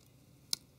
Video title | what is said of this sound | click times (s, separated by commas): Galaxy Ace S5830 Screen Replacement - Disassembly & Assembly - Digitizer Display | gently push down until you feel it snap into place. | 0.5 s